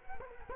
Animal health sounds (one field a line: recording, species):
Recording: mosquito wingbeat signal from an infrared sensor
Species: Culex quinquefasciatus